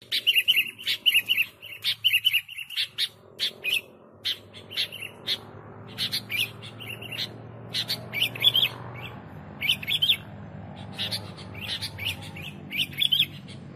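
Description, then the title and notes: Sooty-headed bulbul chirping: short bright notes in repeated phrases, over a low steady hum. Song used as a model for training songbirds (masteran). "suara burung kutilang buat masteran"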